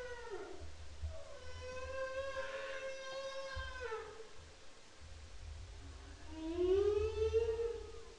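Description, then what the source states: Humpback whale song: long harmonic moans, one sliding down then level, another rising, with a brief sweep and a low rumbling sea background. Recorded in the Bering Strait on 5 October 2009.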